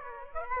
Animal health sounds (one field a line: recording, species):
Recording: mosquito wingbeat signal from an infrared sensor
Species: Aedes aegypti